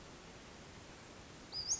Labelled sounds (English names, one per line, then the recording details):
Western Flycatcher
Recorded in Sonoma County, California